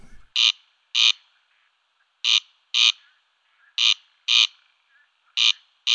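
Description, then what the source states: Corncrake rasping call, dry double rasps repeated in pairs about every one and a half seconds, harsh and buzzy, with a brief low sound at the very start. Voice is a comb-like rasp; sometimes calls in flight; prefers calling when there is no wind.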